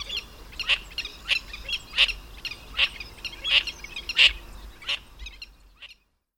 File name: Cinnamon Teal